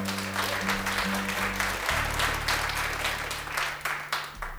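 A crowd applauds steadily, dense overlapping claps filling the whole stretch, while low sustained instrument tones hum underneath and shift pitch partway through, applauding a songwriter during a live concert in the Agnieszka Osiecka studio.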